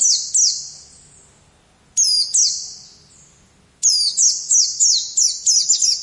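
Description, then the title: White-eye, loud, ringing high chirps in short bursts separated by pauses, ending with a rapid run of repeated notes. "Pleci"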